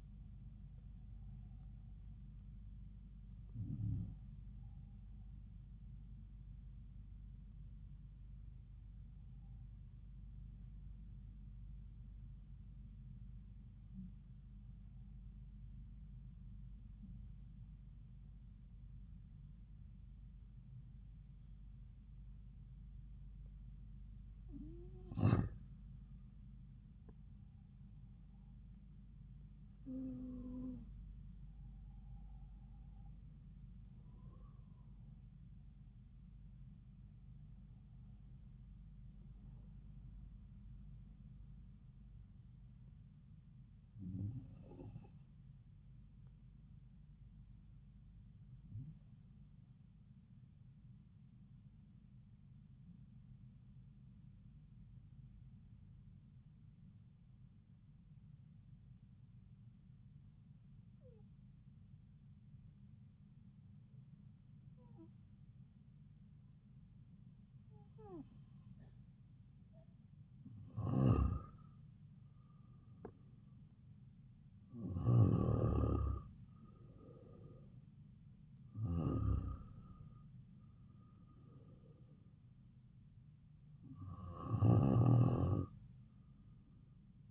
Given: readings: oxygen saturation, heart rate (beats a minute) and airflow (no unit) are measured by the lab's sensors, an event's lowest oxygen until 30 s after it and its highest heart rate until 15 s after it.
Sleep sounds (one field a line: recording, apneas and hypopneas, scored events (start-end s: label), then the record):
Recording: breathing in sleep by a smartphone at the bedside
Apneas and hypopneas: 2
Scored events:
8.00-87.31 s: new sleep stage, N2 (light sleep)
10.00-28.90 s: hypopnea (N2, oxygen 97% highest, then 92% lowest)
52.00-73.70 s: hypopnea (N2, oxygen 96% highest, then 90% lowest)
From the record:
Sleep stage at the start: N1 (lightest sleep)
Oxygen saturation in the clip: 90 to 97%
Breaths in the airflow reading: 20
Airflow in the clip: -4.2 to 4.7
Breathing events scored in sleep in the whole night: 270 in 6.1 hours asleep